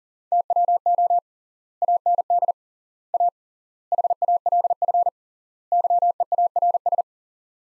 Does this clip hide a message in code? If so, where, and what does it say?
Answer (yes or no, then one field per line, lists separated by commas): yes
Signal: Morse code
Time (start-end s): 0.3-7.0 s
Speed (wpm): 40 wpm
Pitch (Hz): 700 Hz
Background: none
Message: TWO AND A HALF YEARS